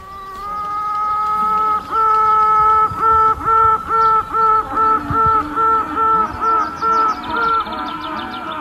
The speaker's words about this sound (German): sie haben tutende Königinnen in ihr Bienenklangprojekt gemischt. Geräusche aus dem Bienenstock, die man nicht vermuten würde